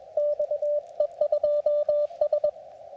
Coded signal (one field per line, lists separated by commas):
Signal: Morse code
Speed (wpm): 23 wpm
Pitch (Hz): 590 Hz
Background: radio noise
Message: XE2S